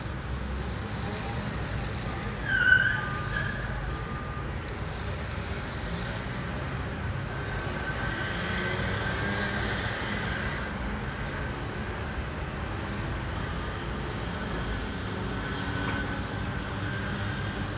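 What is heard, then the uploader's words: A busy city morning with a steady, dense wash of traffic rumble that barely changes over the whole stretch. Around the third second a short bright squeal or horn-like tone cuts through, and a faint higher whine drifts in around eight to ten seconds. A busy city morning ambiance with crowds and traffic.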